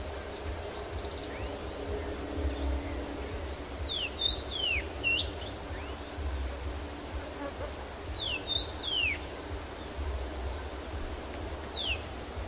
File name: Dmitry Kulakov - Obyknovennaya chechevica Carpodacus erythrinus